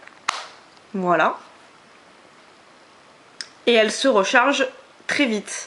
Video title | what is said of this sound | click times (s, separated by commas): Test Review Zeblaze Rover Smartwatch IOS [FR] | le net enfin lire sur le net c'est pas du tout difficile de la mettre dedans elle se clipse très bien voilà | 0.3 s